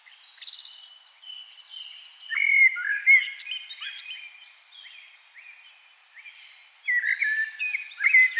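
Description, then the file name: Common blackbird singing fluty, slurred phrases with squeaky high flourishes, one burst early on and another near the end. "Turdus merula"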